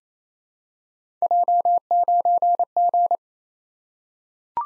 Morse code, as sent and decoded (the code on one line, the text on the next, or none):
.--- ----. --.
J9G